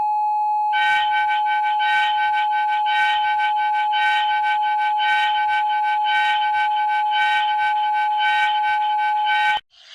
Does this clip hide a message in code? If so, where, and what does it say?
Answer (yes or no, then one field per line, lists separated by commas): no